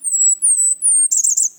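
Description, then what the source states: Blackburnian Warbler song: very high, thin, slurred notes falling slightly, three in a row, then a rapid buzzy high trill at the end. Heard in summer along the Connecticut River in New England; bird described as vividly colored.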